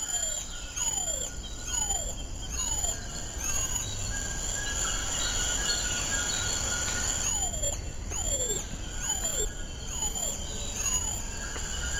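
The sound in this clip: Golden lion tamarin calling: clear whistled notes sliding steeply downward, in two runs separated by a pause of a few seconds, over a steady high hiss and low rumble.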